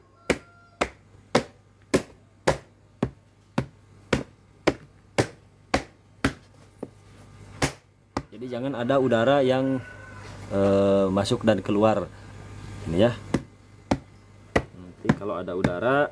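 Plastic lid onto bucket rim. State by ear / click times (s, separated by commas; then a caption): seated / 0.3 s, 1.4 s, 4.1 s, 4.7 s, 5.7 s, 6.2 s. A plastic lid is pressed down around the rim of a plastic bucket to seal in fermenting cassava feed, and it snaps on with sharp clicks at 0.3, 1.4, 4.1, 4.7, 5.7 and 6.2 seconds. Similar clicks continue through the first eight seconds, and then someone talks. Later the clicking stops, which means the lid is sealed tight.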